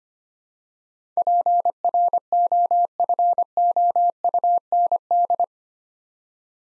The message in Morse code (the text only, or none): PROFOUND